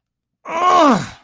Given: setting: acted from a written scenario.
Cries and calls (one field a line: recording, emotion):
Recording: vocal sound without words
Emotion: anger